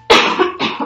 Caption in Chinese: 马上咳嗽给大家听。 最近就身体微恙，然后喉咙不大舒服。